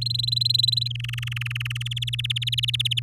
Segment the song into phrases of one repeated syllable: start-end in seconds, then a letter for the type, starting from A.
0.01-0.88 A, 0.90-1.88 B, 1.91-3.00 C